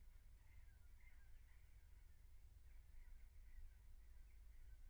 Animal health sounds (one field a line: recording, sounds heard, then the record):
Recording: poultry house recording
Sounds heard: no chicken sound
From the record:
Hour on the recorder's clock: 15